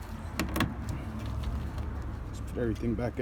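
While replacing the grille shutter on a 2020 Chevy Suburban, plastic push-pin clips on the wiring harness are snapped back into holes in the plastic shroud so the harness doesn't wiggle around. Sharp clicks at 0.4 s and 0.6 s show the clips seating, over a steady low rumble. Someone talks near the end.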